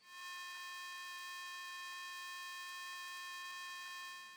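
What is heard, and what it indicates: A steady, unbroken buzz of stacked high tones, simulating the buzzing that people with tinnitus can hear.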